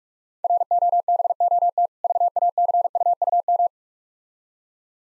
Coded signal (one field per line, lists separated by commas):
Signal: Morse code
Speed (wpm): 45 wpm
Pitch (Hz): 700 Hz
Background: none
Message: ROBOT VACUUM